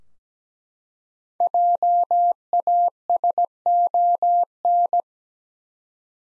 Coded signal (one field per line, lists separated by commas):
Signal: Morse code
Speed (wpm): 17 wpm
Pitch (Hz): 700 Hz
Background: none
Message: JASON